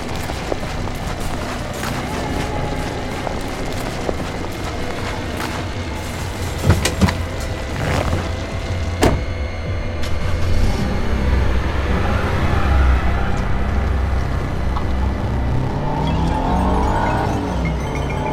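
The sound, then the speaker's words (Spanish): A car engine rumbles in a steady low drone, with a few sharp knocks and clatters early on, then the engine swells louder and rougher as the vehicle drives, with no voices. “Tengo que llegar hasta el coche.”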